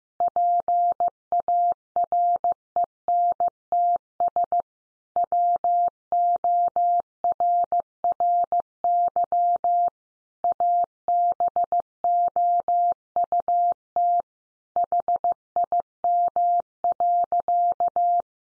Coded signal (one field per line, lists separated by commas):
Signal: Morse code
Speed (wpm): 15 wpm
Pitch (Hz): 700 Hz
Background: none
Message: PARENTS WORRY ABOUT HIM.